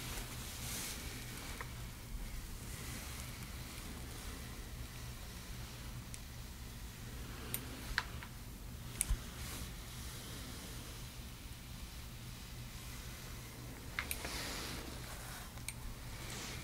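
A hair dryer roars steadily throughout, a low constant hum with a hissing airflow on top. Short brushing swishes rise briefly near the start and around the middle, and sharp little clicks and snips pop out near 8, 9 and 14 seconds.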